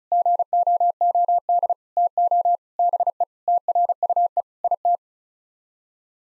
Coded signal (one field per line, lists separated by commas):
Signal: Morse code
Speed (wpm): 36 wpm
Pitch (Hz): 700 Hz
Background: none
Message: GOOD TO BE TRUE IT